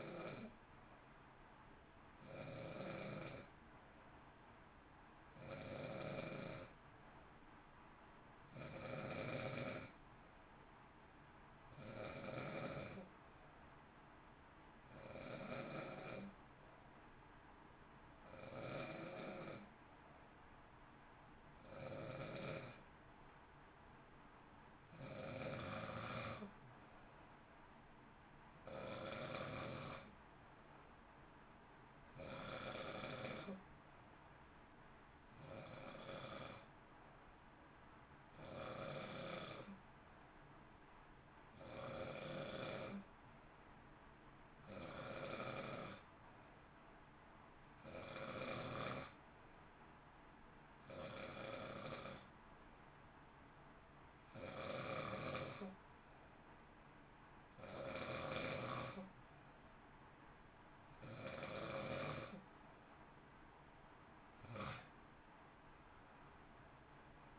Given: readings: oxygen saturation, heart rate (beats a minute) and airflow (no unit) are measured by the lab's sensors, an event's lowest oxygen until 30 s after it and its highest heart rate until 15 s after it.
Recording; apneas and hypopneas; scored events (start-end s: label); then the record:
breathing in sleep by a voice recorder at the bedside; none
64.00-67.39 s: new sleep stage, N1 (lightest sleep)
From the record:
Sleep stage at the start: N2 (light sleep); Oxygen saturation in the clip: 91 to 93%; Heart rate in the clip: 55 to 60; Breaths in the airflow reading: 23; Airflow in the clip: -0.8 to 0.7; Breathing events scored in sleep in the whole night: 328 in 6.3 hours asleep